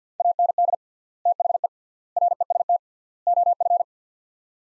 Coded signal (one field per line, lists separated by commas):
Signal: Morse code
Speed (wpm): 50 wpm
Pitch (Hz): 700 Hz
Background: none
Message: AND THE REST OF